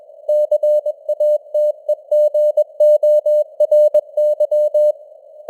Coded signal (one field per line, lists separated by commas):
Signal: Morse code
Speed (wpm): 21 wpm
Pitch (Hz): 600 Hz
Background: none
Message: CATEGORY